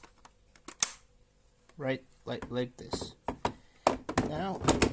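After cleaning, the brown plastic part of the drainage valve on a Nivona CafeRomatica NICR 520 espresso machine is pushed into the valve body while reassembling it. A few faint taps lead up to a loud, sharp click at 0.8 s as the part seats in place, followed by someone talking and more light handling knocks.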